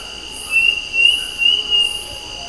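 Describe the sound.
Bird call of a few rising whistled notes over a continuous shrill drone.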